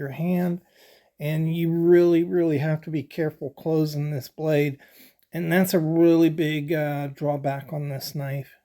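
Someone talks while handling a SWIZA multi-tool pocket knife, whose main folding blade is being closed toward the handle against its backspring. No click or snap is heard; the blade has not yet seated in its closed position when the clip ends.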